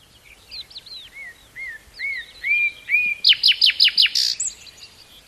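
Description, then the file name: Common nightingale song: looping slurred whistles, a series of rising-falling notes, then a rapid series of loud staccato notes and a brief buzzy flourish. "Luscinia megarhynchos"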